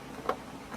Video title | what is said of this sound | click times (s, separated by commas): Unboxing and setting up of the spirit Halloween swinging which ￼ | Just like that. And it clips in. | 0.3 s